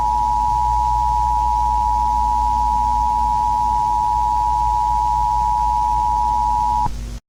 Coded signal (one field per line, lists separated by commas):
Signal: Emergency Alert System (SAME) tones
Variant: 853 and 960 Hz attention tone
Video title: MUTANT TORNADO| EAS Scenario